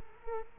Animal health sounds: mosquito wingbeat signal from an infrared sensor; Culex quinquefasciatus

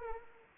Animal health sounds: mosquito wingbeat signal from an infrared sensor; Anopheles arabiensis

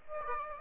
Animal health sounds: mosquito wingbeat signal from an infrared sensor; Aedes aegypti

